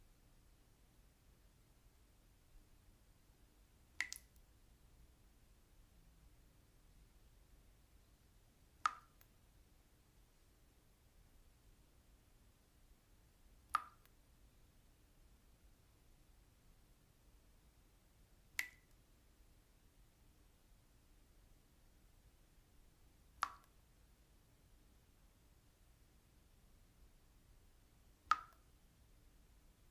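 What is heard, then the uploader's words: Single water drops fall at a slow, very regular pace, one about every five seconds, each a short bright plop with a quick ringing tail. Between drops there is only a faint low hum. Peaceful Drops of Water. The gentle sound of water droplets splashing.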